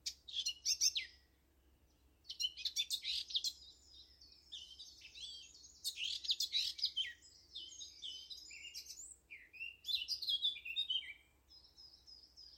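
Eurasian blackcap song: rich, fast warbled phrases of mixed notes, each lasting one to three seconds and separated by short pauses, repeated several times.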